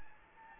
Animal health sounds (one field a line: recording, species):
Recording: mosquito wingbeat signal from an infrared sensor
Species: Anopheles gambiae